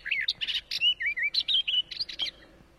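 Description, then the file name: Barred warbler song: a rapid chattering phrase of scratchy notes mixed with short clear whistles, about 2.3 seconds long, busy and varied, with no other sounds. "Canto da toutinegra gaviao"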